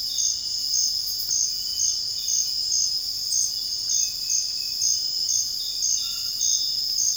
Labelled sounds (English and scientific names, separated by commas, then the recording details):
none
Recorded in dense forest near Puerto Asís, Putumayo, Colombia, on 20 February 2024 at 05:30
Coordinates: 0.481, -76.318
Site G6421